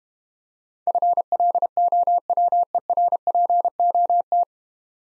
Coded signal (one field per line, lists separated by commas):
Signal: Morse code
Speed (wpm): 32 wpm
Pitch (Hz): 700 Hz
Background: none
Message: FLOWER POT